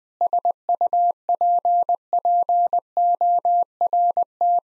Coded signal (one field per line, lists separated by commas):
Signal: Morse code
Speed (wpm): 20 wpm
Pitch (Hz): 700 Hz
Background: none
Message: SUPPORT